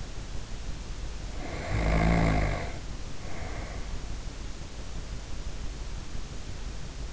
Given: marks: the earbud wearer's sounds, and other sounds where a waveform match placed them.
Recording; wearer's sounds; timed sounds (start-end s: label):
sounds in sleep by an in-ear microphone; snoring breath
1.11-4.12 s: snoring breath